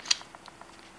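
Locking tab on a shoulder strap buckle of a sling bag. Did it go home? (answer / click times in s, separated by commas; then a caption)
yes / 0.1 s. A locking tab on the plastic shoulder-strap buckle of a sling bag is flipped up and snapped back down so the buckle cannot undo. A sharp, bright snap sounds at 0.1 s, followed by a few faint ticks. The lock lever snaps shut and is seated.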